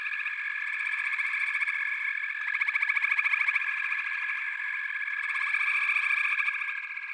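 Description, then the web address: Frogs trilling together: a constant bright pulsing chorus, growing louder around three seconds and again near six, with no pauses. "The Natural Sounds of the Wilderness. Echoes of Nature - Frog Chorus"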